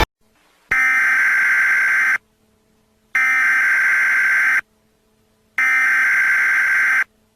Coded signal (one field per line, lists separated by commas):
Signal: Emergency Alert System (SAME) tones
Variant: header bursts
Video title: EAS Scenario: Ancient Evil